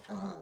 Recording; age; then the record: pig call; piglet (1 to 25 days)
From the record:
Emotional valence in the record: negative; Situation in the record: short isolation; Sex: male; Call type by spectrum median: low-frequency call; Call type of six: mixed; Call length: 0.42 s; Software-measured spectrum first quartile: 200 Hz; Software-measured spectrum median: 366 Hz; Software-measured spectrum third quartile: 877 Hz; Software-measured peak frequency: 200 Hz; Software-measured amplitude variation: 135 dB a second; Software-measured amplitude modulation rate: 16.8 a second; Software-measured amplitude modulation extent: 8.1 dB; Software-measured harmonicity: 6.0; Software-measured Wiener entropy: -0.33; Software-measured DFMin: 923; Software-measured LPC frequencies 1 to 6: 3196, 4057, 5922, 6617, 8580, 9692 Hz